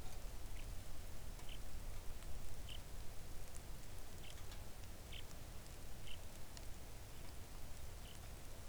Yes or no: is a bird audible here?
yes